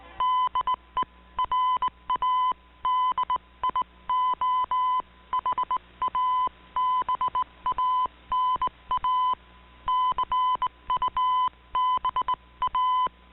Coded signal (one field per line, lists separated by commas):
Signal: Morse code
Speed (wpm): 19 wpm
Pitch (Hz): 1010 Hz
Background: none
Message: DE RADIOHABANA CUBA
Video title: Radio Havana Cuba DXers Unlimited Dec 15 2019 on 15140Khz Shortwave Radio R8600